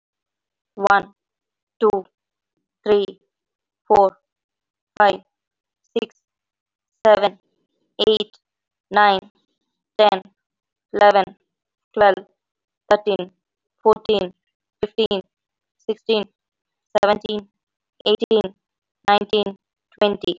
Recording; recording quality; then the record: counting at a normal pace; excellent, no background noise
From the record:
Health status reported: healthy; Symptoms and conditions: none ticked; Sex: female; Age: 24 years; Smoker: not ticked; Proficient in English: yes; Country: India